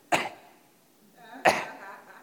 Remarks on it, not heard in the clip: I had the flu last week, and I went to the doctor, and he gave me Tamiflu. It was kind of like a mild flu. I've been coughing for literally a week straight.